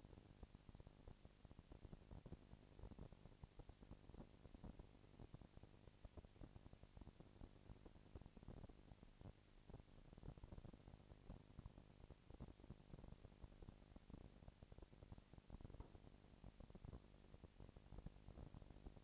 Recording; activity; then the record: daily activity, microphone in the room; no activity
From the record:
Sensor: 5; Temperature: 20.1 degrees Celsius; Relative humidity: 38.2%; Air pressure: 998.9 hPa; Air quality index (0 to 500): 218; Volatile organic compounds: 24 ppm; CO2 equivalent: 2803 ppm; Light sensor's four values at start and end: 2/3/1/1 and 2/3/1/1